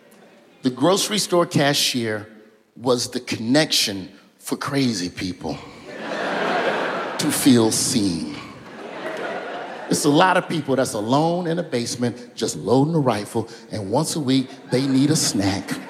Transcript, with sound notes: The grocery store cashier was the connection for crazy people...
(LAUGHTER)
...To feel seen. It's a lot of people that's alone in a basement, just loading a rifle, and once a week, they need a snack.